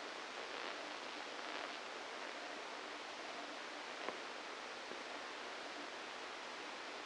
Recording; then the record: brain microelectrode recording played as sound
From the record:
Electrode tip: inside the subthalamic nucleus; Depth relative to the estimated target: -1 mm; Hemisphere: left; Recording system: NeuroSet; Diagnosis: Parkinson's disease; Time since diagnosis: 27 years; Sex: male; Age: 62 years